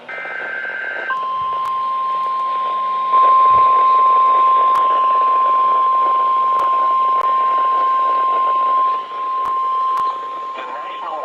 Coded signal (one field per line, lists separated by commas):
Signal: Emergency Alert System (SAME) tones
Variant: 1050 Hz attention tone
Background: speech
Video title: EAS Severe Thunderstorm Warning #6 (From LWX) 7/14/25 (Credit Goes To @SouthernPennsylvaniaWX)